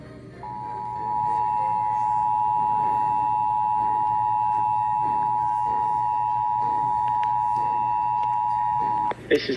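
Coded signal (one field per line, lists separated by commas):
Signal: Emergency Alert System (SAME) tones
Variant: 853 and 960 Hz attention tone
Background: speech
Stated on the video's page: Required Monthly Test received on Seattle-area broadcast radio, TV, cable and NOAA Weather Radio 162.550 MHz and 162.425 MHz, recorded from weather radios.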